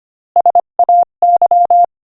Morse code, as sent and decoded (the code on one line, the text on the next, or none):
... .- -.--
SAY